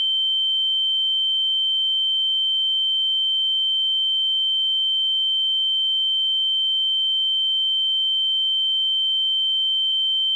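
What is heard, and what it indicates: A single steady, very high-pitched pure tone holds unchanged for about ten seconds, with no other sound. It is a sound-effect simulation of tinnitus, the ringing in the ears some people hear constantly.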